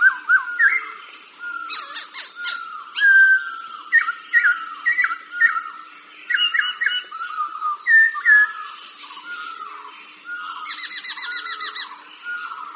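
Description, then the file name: Laughingthrush song: a long run of varied whistles, downslurred notes and sharp rattling clicks, with a fast buzzy burst near the end. "tieng chim khuou hot"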